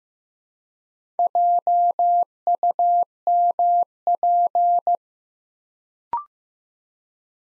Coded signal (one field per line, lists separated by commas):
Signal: Morse code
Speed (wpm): 15 wpm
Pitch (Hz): 700 Hz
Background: none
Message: JUMP